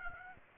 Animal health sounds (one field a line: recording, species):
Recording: mosquito wingbeat signal from an infrared sensor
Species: Aedes albopictus